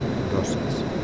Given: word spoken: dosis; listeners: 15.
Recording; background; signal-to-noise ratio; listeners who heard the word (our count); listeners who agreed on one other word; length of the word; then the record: one Spanish word in noise, from a listening test; speech-shaped noise; -4.4 dB; 1 of 15; 6 of 15; 0.65 s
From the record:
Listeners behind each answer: 6, 5, 1, 1, 1, 1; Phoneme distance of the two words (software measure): 20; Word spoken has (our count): 2 syllables, 5 phonemes, stress on syllable 1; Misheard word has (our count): 2 syllables, 5 phonemes, stress on syllable 1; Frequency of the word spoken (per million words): 44.65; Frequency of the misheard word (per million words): 390.53